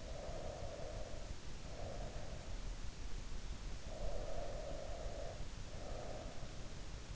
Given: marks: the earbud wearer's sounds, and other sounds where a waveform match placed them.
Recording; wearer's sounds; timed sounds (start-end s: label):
sounds in sleep by an in-ear microphone; breath
0.00-2.56 s: breath
3.61-6.40 s: breath